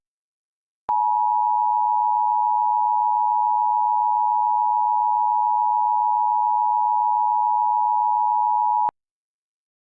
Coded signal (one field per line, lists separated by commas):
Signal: Emergency Alert System (SAME) tones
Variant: 853 and 960 Hz attention tone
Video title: EAS Scenario - Deep Freeze